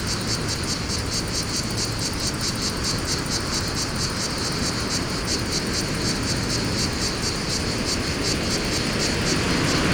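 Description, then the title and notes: Cicada chorus pulses steadily while wind rushes loudly and a low rumble sits underneath. Fontvieille, France; pine wood during mistral wind; two Shure BG 4.0 mics, DIY windscreen, Tascam DA-P1 DAT recorder; excerpt from CDR copy. "Fontvieille, France - Mistral et cigales. Le Mistral dans la pinède les cigales et insectes au sol , quelques bruits de circulation"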